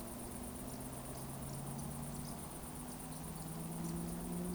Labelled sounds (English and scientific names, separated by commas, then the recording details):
Eurasian Woodcock (Scolopax rusticola) chase call
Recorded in Baden-Württemberg, Germany, on 24 June 2020 at 20:19 UTC
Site 14569, 102 m above sea level